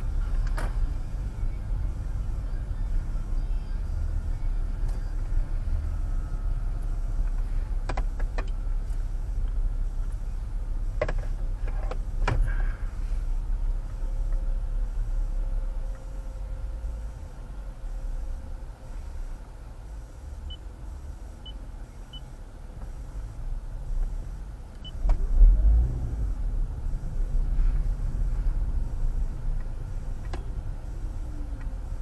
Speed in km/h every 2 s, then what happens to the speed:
8, 11, 10, 8, 6, 5, 6, 0, 0, 0, 0, 0, 5, 11, 16, 11.
0-12 steady at about 8. 12-15 slows to 0. 15-23 standing. 23-27 pulls away to 16.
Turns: none.